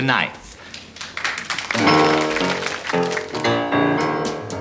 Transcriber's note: applause